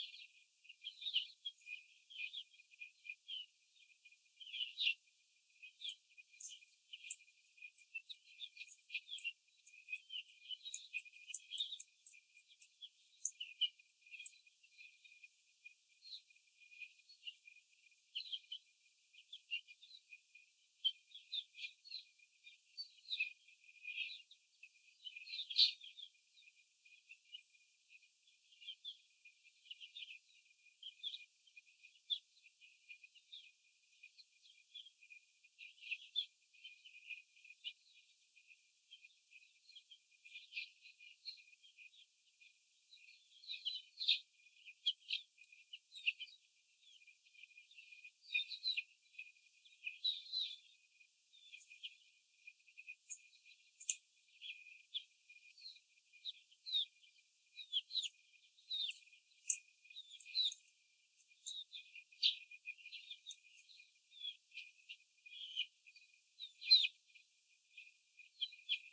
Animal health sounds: young laying hens in a cage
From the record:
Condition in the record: after the stressor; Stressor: simulated dog barking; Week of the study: 4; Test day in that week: 3

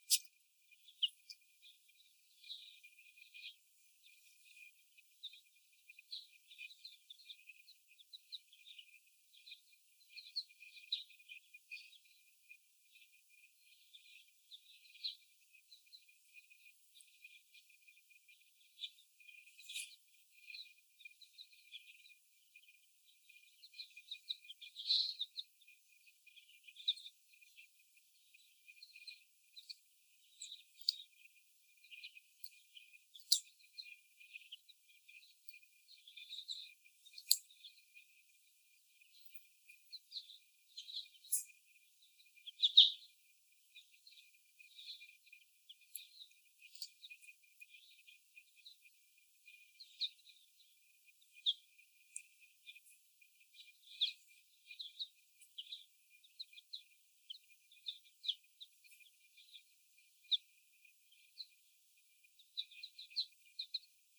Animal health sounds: young laying hens in a cage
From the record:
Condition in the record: before the stressor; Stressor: sudden umbrella opening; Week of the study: 1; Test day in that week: 1

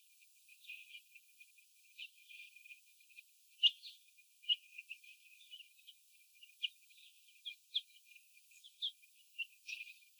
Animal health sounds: young laying hens in a cage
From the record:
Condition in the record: before the stressor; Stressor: sudden umbrella opening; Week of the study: 2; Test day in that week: 1

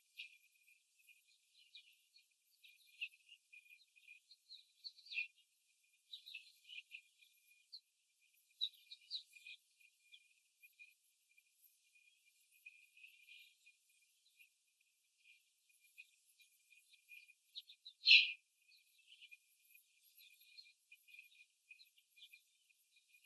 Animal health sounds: young laying hens in a cage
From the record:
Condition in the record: after the stressor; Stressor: simulated dog barking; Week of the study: 3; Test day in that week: 2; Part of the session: 4

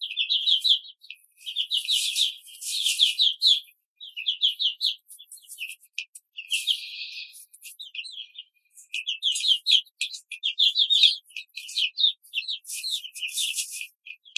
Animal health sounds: young laying hens in a cage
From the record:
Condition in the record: control cage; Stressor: none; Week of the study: 5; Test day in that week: 1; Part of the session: 3

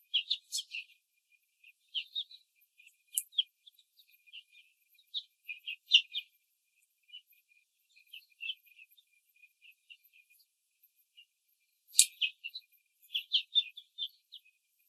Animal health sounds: young laying hens in a cage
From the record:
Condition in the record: control cage, before the stress test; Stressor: none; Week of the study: 4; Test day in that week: 3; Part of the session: 3

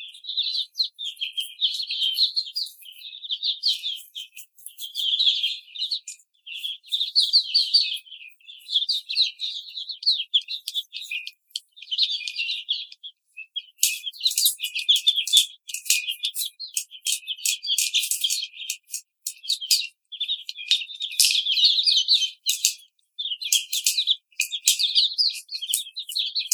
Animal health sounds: young laying hens in a cage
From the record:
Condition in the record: treatment cage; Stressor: simulated dog barking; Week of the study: 5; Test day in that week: 1

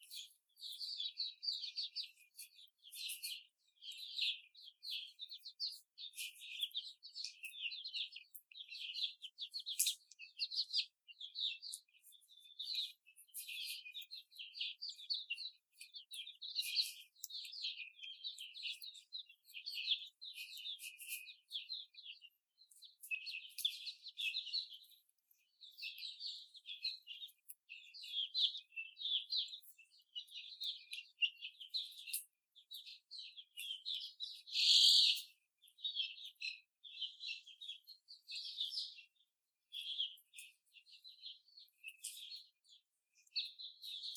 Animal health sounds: young laying hens in a cage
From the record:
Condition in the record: before the stressor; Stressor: simulated dog barking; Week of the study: 4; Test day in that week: 2

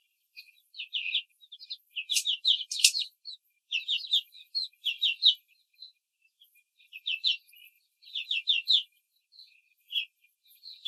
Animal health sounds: young laying hens in a cage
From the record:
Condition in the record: control cage, before the stress test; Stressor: none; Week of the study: 4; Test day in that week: 1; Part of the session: 1

